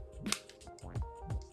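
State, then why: Not seated. A 16 TB hard drive is being handled and pressed toward its plastic tool-less drive tray, with brief sharp ticks and knocks of handling. Nothing has seated or clicked into place yet.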